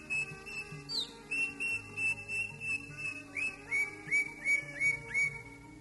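Greater green leafbird singing a series of short whistled notes, later ones rising sharply, over faint background hum.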